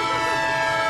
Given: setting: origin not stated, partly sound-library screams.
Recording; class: one-second piece from a danger detection set; normal situation